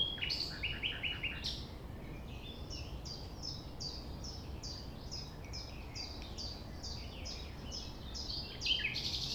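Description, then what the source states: Common nightingale song: a few opening notes, then a long series of repeated sharp notes over a steady low rumble. Recorded at 6 a.m. at sunrise near the Thève river at Champ de Ménage; the nightingale sings without waiting for silence.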